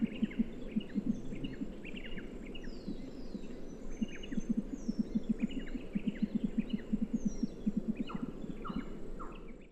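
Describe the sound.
Tasmanian nativehen giving a rapid series of low, rasping pulses throughout, with thin high chirps and whistles from other birds above.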